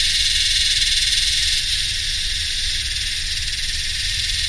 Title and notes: My Yellowbelly friends (Psaltoda harrisii) singing in the heat along with some humming machines in a mixture of subtropical dry scherlophyll forest and heathland. 7th of December, 2015 (Royal National Park, NSW, Australia.)